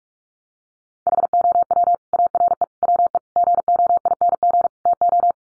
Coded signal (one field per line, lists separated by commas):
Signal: Morse code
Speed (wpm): 44 wpm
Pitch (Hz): 700 Hz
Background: none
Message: HOW ARE WE GOING TO